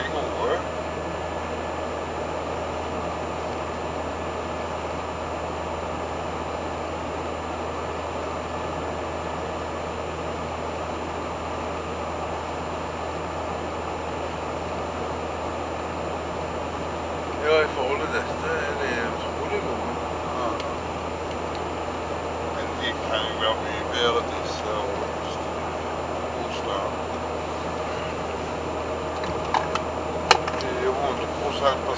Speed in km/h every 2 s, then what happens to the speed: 72, 71, 72, 72, 72, 73, 72, 72, 72, 72, 72, 73, 72, 72, 72, 72.
0-32 steady at about 72.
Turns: none.